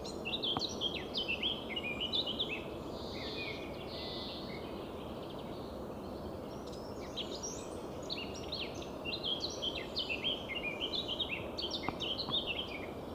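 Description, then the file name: Eurasian blackcap song: two spells of quick, scratchy warbling broken by a quieter middle stretch, over a steady wash of background noise. "Sylvia atricapilla"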